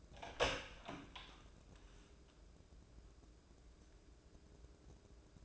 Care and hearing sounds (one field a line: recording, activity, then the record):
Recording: daily activity, microphone in the room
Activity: open door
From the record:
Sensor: 2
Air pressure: 1012.2 hPa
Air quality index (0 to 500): 162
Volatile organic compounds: 2 ppm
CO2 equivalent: 1188 ppm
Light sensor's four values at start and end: 287/715/288/297 and 280/697/281/289